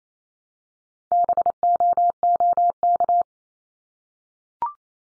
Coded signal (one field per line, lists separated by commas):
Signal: Morse code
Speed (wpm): 28 wpm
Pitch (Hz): 700 Hz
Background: none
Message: BOOK